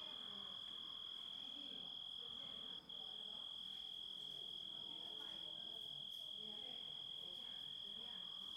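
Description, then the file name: Grasshopper song: a continuous high, even whine that barely wavers, dropping out only for a split second about a third of the way through. Composite of grasshopper sounds. "engisprettur samsett hljo rit"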